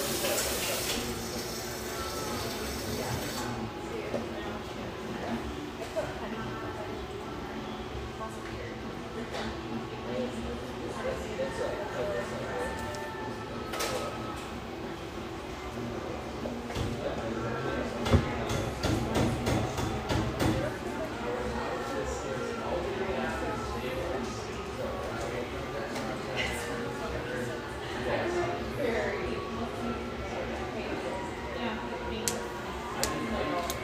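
Lively coffeeshop ambience with a steady, dense murmur of overlapping voices throughout. Clinks and short knocks of cups and dishes pop up often, with a louder clattering burst around 18 to 20 seconds. A bright hiss fills the opening three seconds.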